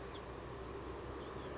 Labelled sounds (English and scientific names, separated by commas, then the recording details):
Blue-gray Gnatcatcher (Polioptila caerulea)
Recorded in Sonoma County, California